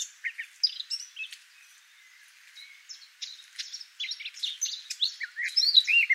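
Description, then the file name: Eurasian blackcap song: sparse high chirps and squeaky notes that grow into a denser, louder warbling burst over the final seconds. "Sylvia atricapilla"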